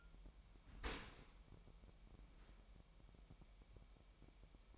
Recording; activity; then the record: daily activity, microphone in the room; open dishwasher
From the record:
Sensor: 1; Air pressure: 998.4 hPa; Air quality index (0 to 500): 137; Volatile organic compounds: 4 ppm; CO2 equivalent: 1642 ppm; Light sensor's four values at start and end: 16/56/22/23 and 16/56/22/23